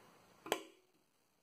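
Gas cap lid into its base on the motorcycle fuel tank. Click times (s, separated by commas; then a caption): 0.5 s. The small spring-loaded catch on a TWM keyless quick-action gas cap is pushed and the lid closes onto its base on the fuel tank of a 2014 Suzuki GSX-R 750 motorcycle. A sharp double click lands at about 0.5 s and 0.5 s, the second louder, then a short ring fades into quiet. The click shows the lid has seated and the cap is locked.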